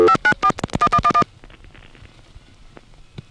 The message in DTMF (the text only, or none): 5941111